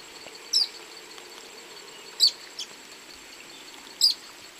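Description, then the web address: Social flycatcher giving sharp, high notes nearly every two seconds, over a steady high hum. Song; recorded in the eastern lowlands of South America. "Natures Songs S America Eastern Lowlands. Myiozetetes similis, song"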